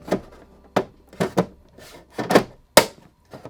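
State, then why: Seated. A plastic cable-management cover panel is pushed onto the back of a Sony A90J Bravia XR OLED TV to hide the routed cables, with a few scraping knocks and thumps as it is handled and pressed. A loud, sharp snap at 2.8 s marks the panel clicking into place, seated.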